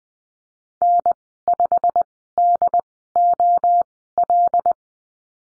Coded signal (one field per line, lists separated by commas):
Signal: Morse code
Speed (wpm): 20 wpm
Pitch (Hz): 700 Hz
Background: none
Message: N5DOL